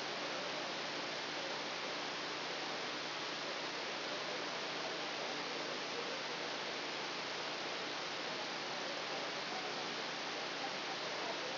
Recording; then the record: brain microelectrode recording played as sound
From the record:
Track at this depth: outside the subthalamic nucleus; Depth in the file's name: -0.883 mm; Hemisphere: left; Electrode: 2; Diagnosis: Parkinson's disease